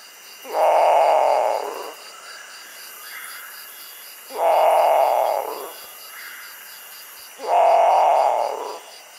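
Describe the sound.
Great potoo calling: three harsh, guttural roaring notes, each about one and a half seconds long, repeated roughly every three seconds.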